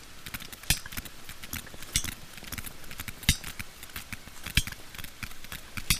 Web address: cétacés cachalot audio cachalot-GLOBICE